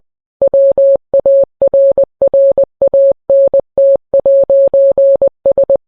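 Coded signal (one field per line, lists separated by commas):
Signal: Morse code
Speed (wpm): 20 wpm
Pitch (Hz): 550 Hz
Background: none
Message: WARRANT'S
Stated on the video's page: Morse code heard on NOAA Weather Radio.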